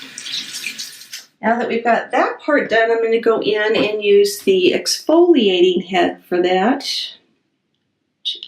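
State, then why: Seated. An exfoliating brush head is fitted onto the handle of a Duvolle Radiance Spin-Care System facial spin brush, and it snaps in place. Someone talks over running water for most of the clip. After a short quiet gap, a sharp click is heard at 8.4 s as the head seats.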